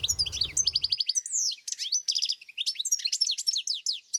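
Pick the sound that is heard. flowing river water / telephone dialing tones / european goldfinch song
european goldfinch song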